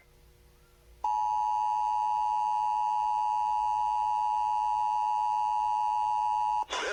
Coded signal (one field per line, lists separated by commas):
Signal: Emergency Alert System (SAME) tones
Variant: 853 and 960 Hz attention tone